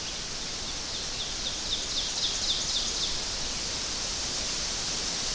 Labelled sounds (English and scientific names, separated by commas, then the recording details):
Ovenbird (Seiurus aurocapilla) song
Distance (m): 50 m
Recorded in boreal forest in Alberta, Canada, on 12 June 2016 at 06:00
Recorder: SongMeter 3, array SBT-3-18
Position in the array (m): 229 m, 89 m
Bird 31